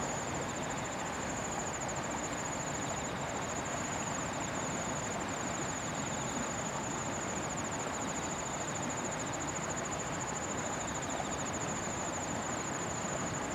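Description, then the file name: Kawarasuzu cricket song, an unbroken shrill trill holding one high pitch for the whole stretch, over even background rushing sound. Recorded 28 September 2015, 17:34. "150928-173405 kawarasuzu"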